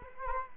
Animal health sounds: mosquito wingbeat signal from an infrared sensor; Culex quinquefasciatus

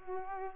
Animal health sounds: mosquito wingbeat signal from an infrared sensor; Culex pipiens

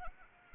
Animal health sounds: mosquito wingbeat signal from an infrared sensor; Anopheles arabiensis

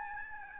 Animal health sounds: mosquito wingbeat signal from an infrared sensor; Aedes albopictus

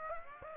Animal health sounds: mosquito wingbeat signal from an infrared sensor; Aedes aegypti

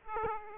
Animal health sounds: mosquito wingbeat signal from an infrared sensor; Aedes aegypti

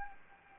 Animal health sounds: mosquito wingbeat signal from an infrared sensor; Anopheles gambiae

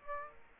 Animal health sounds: mosquito wingbeat signal from an infrared sensor; Aedes aegypti

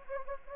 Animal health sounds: mosquito wingbeat signal from an infrared sensor; Anopheles gambiae

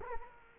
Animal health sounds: mosquito wingbeat signal from an infrared sensor; Culex quinquefasciatus

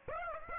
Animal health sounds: mosquito wingbeat signal from an infrared sensor; Aedes aegypti

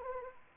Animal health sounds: mosquito wingbeat signal from an infrared sensor; Anopheles arabiensis

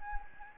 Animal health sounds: mosquito wingbeat signal from an infrared sensor; Anopheles gambiae

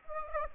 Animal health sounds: mosquito wingbeat signal from an infrared sensor; Aedes aegypti

